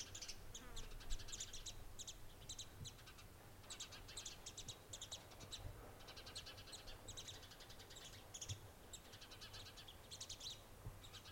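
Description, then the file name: House sparrow chirps: bursts of rapid, rough chirping notes repeated throughout, over a steady low rumble of background noise. "House Sparrow - Passer domesticus"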